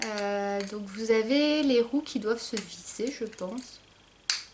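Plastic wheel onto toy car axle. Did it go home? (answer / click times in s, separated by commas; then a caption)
yes / 4.3 s. Someone talks while a detached plastic wheel is pressed back onto the axle of a small plastic toy car. At 4.3 s it snaps on with a sharp click, clipping into place rather than screwing on, and the wheel is seated.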